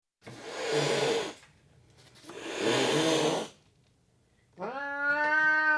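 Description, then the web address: Burmese cat hissing: two long, breathy, harsh hisses about a second each, followed by the start of a rising, tonal yowl. Domestic cat hissing twice, with long hisses. "The BBC Sound Effects Library - Complete 60 CDs Collection. Burmese Cat Hisses Twice And Long"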